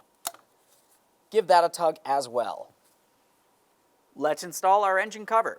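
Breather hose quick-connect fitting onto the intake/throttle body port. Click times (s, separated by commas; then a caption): 0.3 s. A plastic breather hose quick-connect fitting is pressed into place on the throttle body/intake port of a 2003-2011 Mercury Grand Marquis, giving a sharp click at 0.3 s as it seats. Afterward someone talks as the hose is given a tug to check it.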